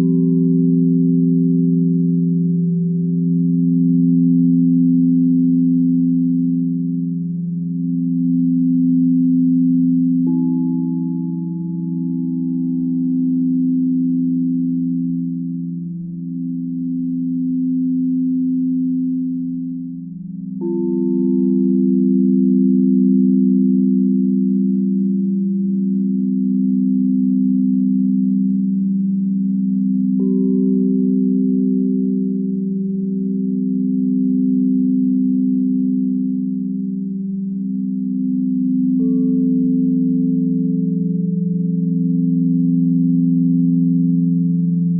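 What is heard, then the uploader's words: Soft bells ring in one long, sustained hum, their low tones swelling and fading in a slow, regular wobble. Roughly every ten seconds a new gentle strike adds a brief higher ping and shifts the pitch slightly. Nothing else is heard. Almost all of our sound baths are created using our rubber mallets, though with this session we wanted to incorporate the sounds of soft bells to help cleanse the mind and spirit. This was only able to be achieved with our suede mallets.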